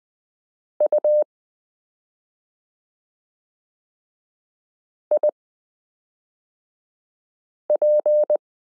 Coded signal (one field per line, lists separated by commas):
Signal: Morse code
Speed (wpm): 20 wpm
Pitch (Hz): 600 Hz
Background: none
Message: UIP